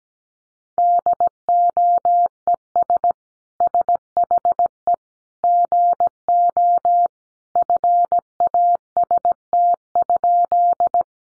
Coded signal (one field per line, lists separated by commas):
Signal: Morse code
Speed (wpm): 17 wpm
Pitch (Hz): 700 Hz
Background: none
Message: DOES SHE GO FAST?